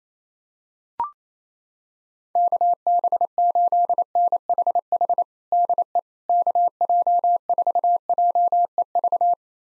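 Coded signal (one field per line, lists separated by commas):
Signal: Morse code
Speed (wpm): 28 wpm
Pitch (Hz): 700 Hz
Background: none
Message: KB8NHH DE KJ4JEV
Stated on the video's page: Morse call sign pair copying drill at 28 wpm, each pair sent, then spoken, then sent again.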